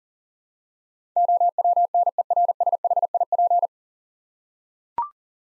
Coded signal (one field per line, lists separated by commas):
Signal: Morse code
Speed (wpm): 37 wpm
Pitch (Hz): 700 Hz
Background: none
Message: OWNERSHIP